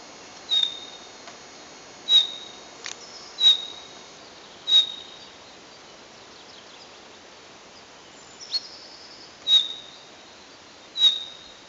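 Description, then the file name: Common chaffinch calls, brief high clipped notes repeated at uneven intervals of one to four seconds, with a few fainter thin notes in between over low steady hiss. "Fringilla coelebs"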